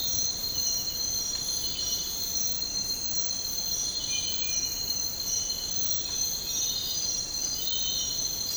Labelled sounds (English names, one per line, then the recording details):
none
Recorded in dense forest near Puerto Asís, Putumayo, Colombia, on 13 March 2025 at 05:00
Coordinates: 0.467, -76.328
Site G041